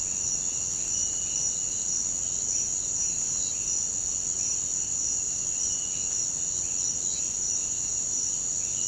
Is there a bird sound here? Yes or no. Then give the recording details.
no. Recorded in pastures near Puerto Asís, Putumayo, Colombia, on 29 June 2025 at 05:30. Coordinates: 0.472, -76.331. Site G095